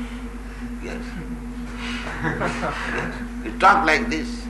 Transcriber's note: laughter